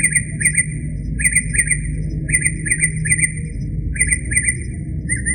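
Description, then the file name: Northern mockingbird repeating a short chirping phrase in bursts roughly every second, varying slightly at the end, over a low droning background. "kicauan-burung-northern-mockingbird -omkicau"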